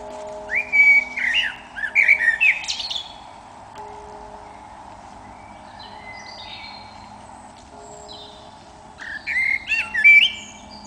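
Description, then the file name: Eurasian blackbird song: rich fluted whistles running into a scratchy high twitter, a long quiet gap, then another whistled phrase, with a low steady drone behind. "Turdus merula"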